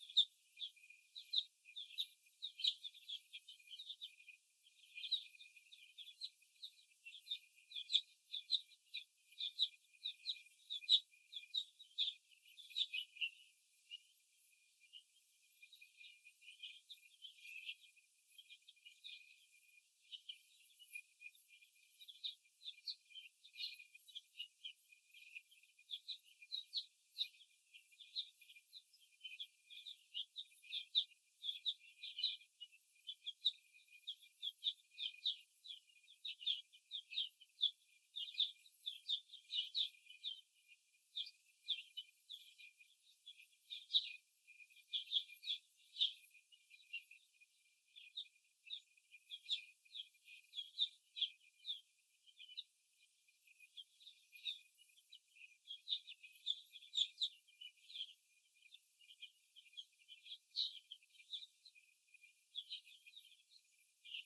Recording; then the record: young laying hens in a cage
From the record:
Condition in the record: after the stressor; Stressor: simulated dog barking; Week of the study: 1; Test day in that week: 2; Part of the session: 2